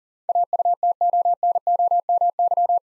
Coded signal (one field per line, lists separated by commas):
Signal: Morse code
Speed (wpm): 40 wpm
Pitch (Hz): 700 Hz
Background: none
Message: AUTONOMY